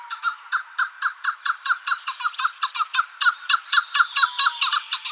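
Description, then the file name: Chukar partridge giving a long run of rapid, raspy chuck notes. "Alectoris chukar"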